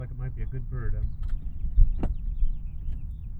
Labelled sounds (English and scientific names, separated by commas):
House Finch (Haemorhous mexicanus) song